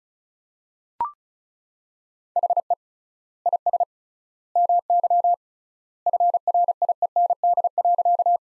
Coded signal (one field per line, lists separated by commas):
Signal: Morse code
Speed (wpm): 36 wpm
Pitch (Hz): 700 Hz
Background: none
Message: HE IS MY FRIEND.